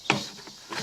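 The spring clip on the PTO driveshaft shield cover of a Mahindra rotary cutter that isn't turning is pushed while the cover is gripped, releasing it from its retaining ring. A sharp click is heard at 0.1 s, then a softer, longer sound near 0.7 s. The clip clicks open and the cover is released.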